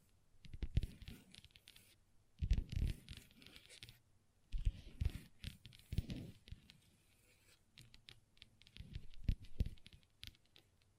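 Long fingernails tap and scratch across a tabletop in short bursts, around 0.5, 2.5, 4.5–6, and 8–10 seconds. Each burst mixes dull low knocks with quick, bright clicking scrapes, separated by near-silent pauses. The rhythm is irregular and busy within each burst.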